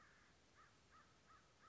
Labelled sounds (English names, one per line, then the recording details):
American Crow
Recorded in Sonoma County, California